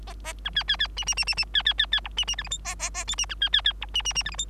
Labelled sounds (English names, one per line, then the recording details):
Bengalese Finch song
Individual Bird3